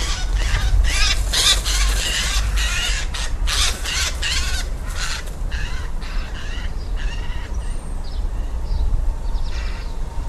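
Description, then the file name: Eurasian jay giving harsh, rasping screeches in a rapid burst over the first five seconds, then fainter scattered screeches, with a steady low rumble underneath. "Garrulus glandarius"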